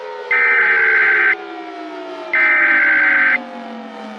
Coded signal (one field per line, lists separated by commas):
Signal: Emergency Alert System (SAME) tones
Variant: header bursts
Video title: Mini EAS Mock - The QSERF Incident